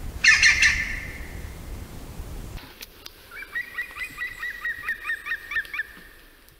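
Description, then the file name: European Green Woodpecker giving a ringing, laughing series of many evenly spaced notes, after a loud, harsh opening burst. "Picchio verde canto (Picus viridis)"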